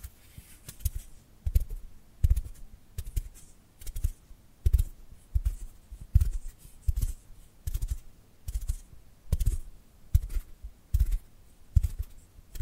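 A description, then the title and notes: Dry hands rub and brush together in short repeated strokes, roughly every half to one second, across all thirteen seconds. Each stroke is a soft, papery swish with a low thump underneath and a bright rasp on top, separated by near silence. Dry Dry Hand Sounds. (No Talking).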